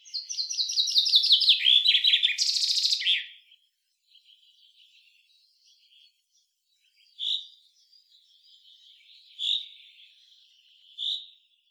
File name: Fringilla coelebs